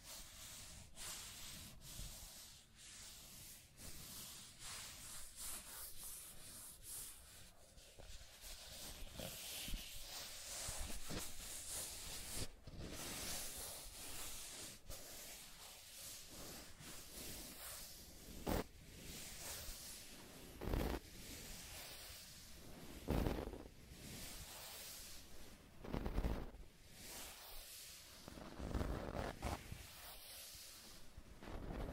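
Scratching and tracing sounds run for the full half minute: a steady, hissy rubbing with a bright, scratchy edge. Sharper strokes and scrapes stand out every few seconds, louder and more frequent after about 18 seconds, over a low, constant rumble.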